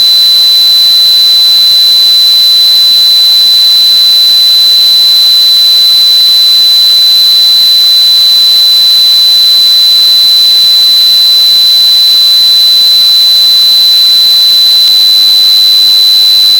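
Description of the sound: Tinnitus simulation: a steady, high-pitched ringing tone near 4 kHz over a constant broadband hiss, with no low-frequency content.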